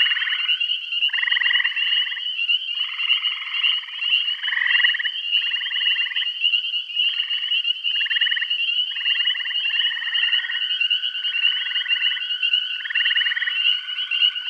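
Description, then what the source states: Frog chorus with short buzzy trills repeating roughly every second, some callers overlapping, and a persistent high droning background. Bath County.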